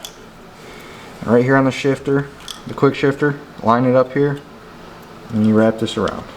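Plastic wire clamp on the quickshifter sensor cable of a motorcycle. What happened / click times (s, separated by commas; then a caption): A cable clamp is being positioned and wrapped; nothing has clicked shut yet / none. A plastic wire clamp is handled on the quickshifter sensor cable of a Yamaha FZ09 motorcycle, lined up and wrapped around the lead while someone talks. The clamp has not clicked shut yet and nothing has seated by the end of the clip.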